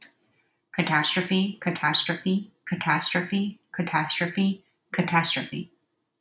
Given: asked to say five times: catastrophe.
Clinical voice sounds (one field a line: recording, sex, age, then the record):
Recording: repeated word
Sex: female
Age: 30 to 39 years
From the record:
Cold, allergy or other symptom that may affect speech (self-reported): no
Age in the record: 34 years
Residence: Oregon, United States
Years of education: 17